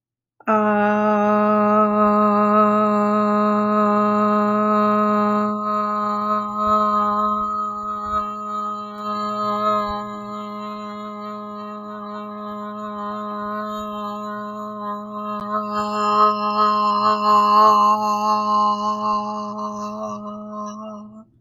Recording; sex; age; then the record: vowel held as long as possible; female; 30 to 39 years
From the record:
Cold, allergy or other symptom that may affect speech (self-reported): no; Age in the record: 30 years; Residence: Florida, United States